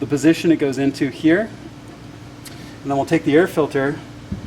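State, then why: Not seated. Someone talks while handling an engine air filter that is about to go into a car air box, with a steady low hum underneath the speech. The filter is only being handled here and has not seated or clicked into place yet.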